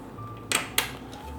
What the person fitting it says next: It just sort of snaps in place there and gets in like that